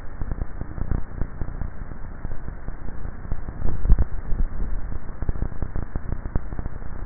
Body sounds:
swallowing sounds by neck microphone; 1
3.75-4.85 s: swallow
From the record:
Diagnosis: dysphagia

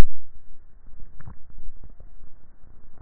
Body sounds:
swallowing sounds by neck microphone; 1
0.98-1.68 s: swallow
From the record:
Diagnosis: dysphagia

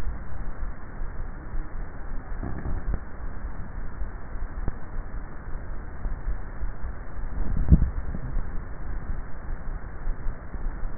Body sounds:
swallowing sounds by neck microphone; 1
7.28-8.42 s: swallow
From the record:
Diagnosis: dysphagia

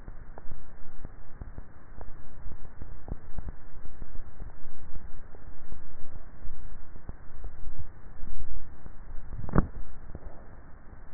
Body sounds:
swallowing sounds by neck microphone; 1
9.15-10.65 s: swallow
From the record:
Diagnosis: dysphagia

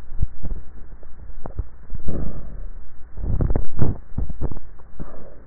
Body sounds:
swallowing sounds by neck microphone; 2
1.55-2.15 s: swallow
4.45-5.08 s: swallow
From the record:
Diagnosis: dysphagia

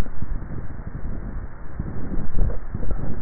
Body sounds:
swallowing sounds by neck microphone; 1
2.05-3.05 s: swallow
From the record:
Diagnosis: dysphagia

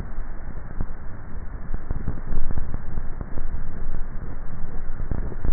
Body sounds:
swallowing sounds by neck microphone; 3
2.35-3.05 s: swallow
3.05-3.93 s: swallow
3.98-4.92 s: swallow
From the record:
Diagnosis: dysphagia

